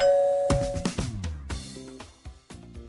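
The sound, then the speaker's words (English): A Ring Video Doorbell chime plays a loud, bright melody of several ringing electronic notes, each tone sustaining and fading into the next, with no voices. “Use Ring Video Doorbell.”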